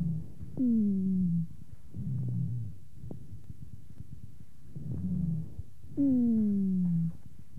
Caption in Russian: Местом образования более низкочастотных, басовых хрипов являются крупные и средние бронхи. Запись сухих басовых хрипов, сделанную у другой больной хроническим бронхитом. Основной дыхательный шум представлен жестким дыханием.